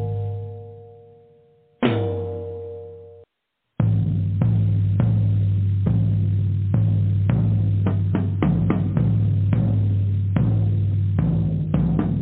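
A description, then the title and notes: Drumming with deep, ringing low tones. A pitched note fades out, a second strike rings from about two seconds, then a brief silence. From four seconds, strikes come in quick, slightly uneven succession over a sustained low drone. Drumming: Powerful. Drumming vibrations.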